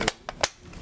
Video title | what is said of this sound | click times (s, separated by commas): RAM® Live: What you don't know about the RAM® Tough-Wedge™ | so this drops in and it should just snap right into place easily | 0.4 s